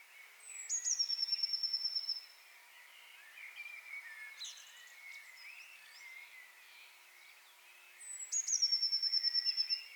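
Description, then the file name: Eurasian blue tit trills: a thin, high note sliding down into a fast, even trill, heard twice several seconds apart, with other birds chirping lower in the background. "Cyanistes caeruleus"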